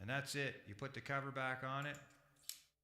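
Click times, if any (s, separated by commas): 2.5 s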